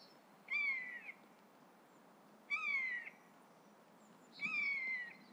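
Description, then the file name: Eurasian jay giving three drawn-out, nasal mewing calls, each slurring slightly downward, spaced about two seconds apart. "Garrulus glandarius"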